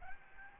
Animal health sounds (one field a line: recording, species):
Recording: mosquito wingbeat signal from an infrared sensor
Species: Aedes albopictus